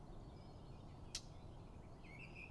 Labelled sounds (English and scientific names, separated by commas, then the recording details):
Eurasian Blackcap (Sylvia atricapilla)
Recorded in Germany
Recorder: ecoPi